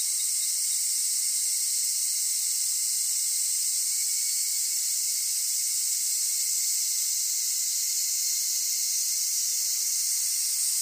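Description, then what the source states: Large brown cicada song, a dense unbroken sizzling hiss like food frying in oil, steady in loudness throughout, with faint thin tones underneath. Japanese summer cicada; 'jijijiji' sizzle resembling frying food, origin of its name; lives throughout Japan, sings same season as minminzemi.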